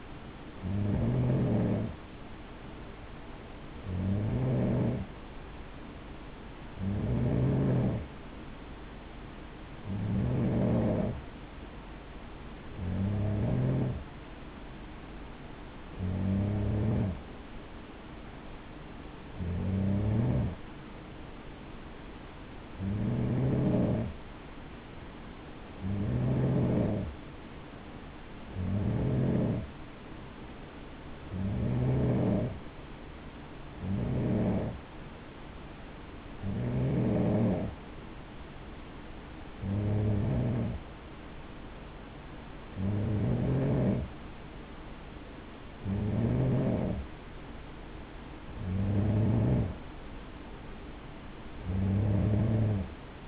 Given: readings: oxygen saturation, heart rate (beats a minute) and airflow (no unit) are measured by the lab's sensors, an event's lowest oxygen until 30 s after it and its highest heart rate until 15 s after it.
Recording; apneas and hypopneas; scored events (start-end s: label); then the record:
breathing in sleep by a voice recorder at the bedside; none
none scored
From the record:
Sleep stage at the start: N3 (deep sleep); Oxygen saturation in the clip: 92 to 93%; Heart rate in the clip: 56 to 61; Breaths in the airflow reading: 18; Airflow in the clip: -6.3 to 4.5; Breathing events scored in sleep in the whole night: 216 in 7.0 hours asleep